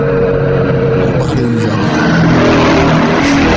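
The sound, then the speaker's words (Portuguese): A yellow Porsche sports car engine revs with a loud, continuous roar, its low droning pitch climbing slightly toward the end over a dense wash of road noise. “Vamos ver aqui a Porsche amarela.”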